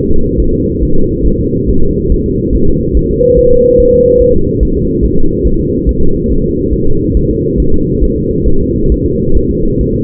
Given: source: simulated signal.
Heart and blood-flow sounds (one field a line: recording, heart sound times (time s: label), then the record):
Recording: fetal heart sounds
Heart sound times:
0.11 s: S2
0.40 s: S1
0.54 s: S2
0.83 s: S1
0.97 s: S2
1.26 s: S1
1.41 s: S2
1.69 s: S1
1.83 s: S2
2.12 s: S1
2.26 s: S2
2.55 s: S1
2.69 s: S2
2.97 s: S1
3.11 s: S2
3.39 s: S1
3.53 s: S2
3.80 s: S1
3.94 s: S2
4.22 s: S1
4.35 s: S2
4.63 s: S1
4.77 s: S2
5.05 s: S1
5.19 s: S2
5.47 s: S1
5.61 s: S2
5.89 s: S1
6.03 s: S2
6.32 s: S1
6.46 s: S2
6.74 s: S1
6.88 s: S2
7.17 s: S1
7.31 s: S2
7.60 s: S1
7.74 s: S2
8.04 s: S1
8.18 s: S2
8.48 s: S1
8.62 s: S2
8.92 s: S1
9.06 s: S2
9.37 s: S1
9.51 s: S2
9.81 s: S1
9.95 s: S2
From the record:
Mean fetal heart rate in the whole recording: 140 bpm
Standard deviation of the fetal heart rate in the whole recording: 2 bpm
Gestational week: 34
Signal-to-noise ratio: -19.1 dB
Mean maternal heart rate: 72 bpm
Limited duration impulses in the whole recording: present